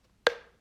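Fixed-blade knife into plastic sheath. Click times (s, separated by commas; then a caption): 0.3 s. A fixed-blade knife is slid into its plastic sheath and clips in, giving a single sharp click at 0.3 s with a short ringing tail. The knife is seated in the sheath.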